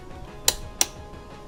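A torque wrench tightens the ignition barrel mounting bolt on a Honda CBR250RR Fireblade MC22; tightening continues because an earlier pull did not click and the bolt was not in spec. Two sharp clicks come at 0.5 s and 0.8 s, confirming the wrench has reached its torque setting and the bolt is done.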